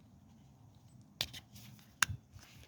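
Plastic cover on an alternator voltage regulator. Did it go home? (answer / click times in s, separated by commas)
yes / 1.2 s, 2.0 s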